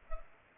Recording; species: mosquito wingbeat signal from an infrared sensor; Culex pipiens